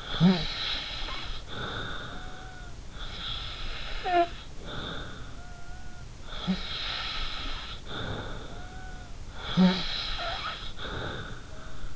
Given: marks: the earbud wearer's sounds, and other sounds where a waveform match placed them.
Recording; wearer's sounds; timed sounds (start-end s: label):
sounds in sleep by an in-ear microphone; snoring breath
0.00-2.82 s: snoring breath
2.90-6.07 s: snoring breath
6.26-9.19 s: snoring breath
9.40-11.96 s: snoring breath